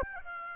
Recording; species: mosquito wingbeat signal from an infrared sensor; Aedes aegypti